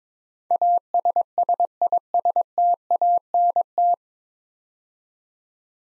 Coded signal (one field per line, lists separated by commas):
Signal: Morse code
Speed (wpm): 22 wpm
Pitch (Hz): 700 Hz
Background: none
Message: ASSISTANT